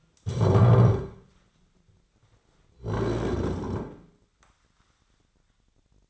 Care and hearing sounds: daily activity, microphone in the room; stand up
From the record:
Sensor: 3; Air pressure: 1009.2 hPa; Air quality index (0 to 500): 180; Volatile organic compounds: 3 ppm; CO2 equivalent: 1457 ppm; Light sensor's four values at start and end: 48/122/54/55 and 44/113/50/51

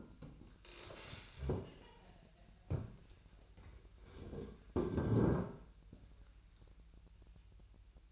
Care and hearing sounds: daily activity, microphone in the room; stand up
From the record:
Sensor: 2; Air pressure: 1001.7 hPa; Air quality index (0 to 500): 240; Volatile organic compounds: 74 ppm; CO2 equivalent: 3554 ppm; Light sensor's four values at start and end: 9/21/8/9 and 8/19/8/8

